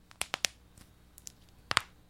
The sound of other people's knuckles cracking.